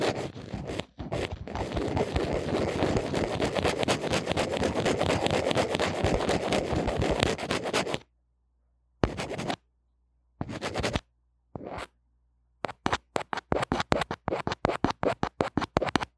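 A wired microphone is handled, with dense scratchy rubbing for eight seconds, then silence, a few short scrapes, and quick bursts of tapping.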